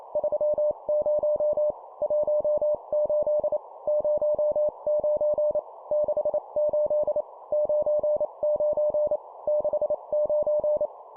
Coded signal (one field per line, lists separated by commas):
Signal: Morse code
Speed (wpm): 28 wpm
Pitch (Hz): 600 Hz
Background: none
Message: 30 18 09 68 99 69